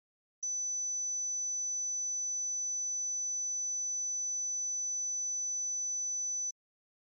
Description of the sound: Tonal Tinnitus Example. 6KHz.